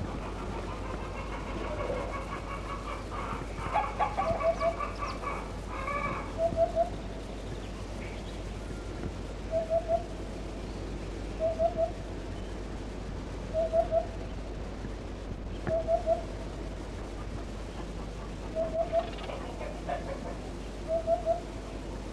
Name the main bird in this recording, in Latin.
Upupa epops